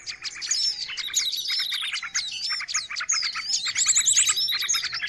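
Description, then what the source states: Birds twittering busily, many short high chirps and whistled notes overlapping, with a faint steady low hum underneath. Noisy bird calls used to lure birds.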